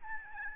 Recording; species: mosquito wingbeat signal from an infrared sensor; Aedes albopictus